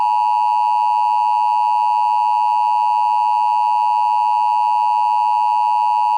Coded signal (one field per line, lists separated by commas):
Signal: Emergency Alert System (SAME) tones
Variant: 853 and 960 Hz attention tone